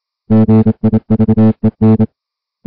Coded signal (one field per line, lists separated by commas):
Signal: Morse code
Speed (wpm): 27 wpm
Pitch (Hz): 220 Hz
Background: music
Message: GIVEN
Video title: High Seas Weather Broadcast August 8, 2021 WNE 472 kHz